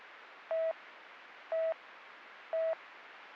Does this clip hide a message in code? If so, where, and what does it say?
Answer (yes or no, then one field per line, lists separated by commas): no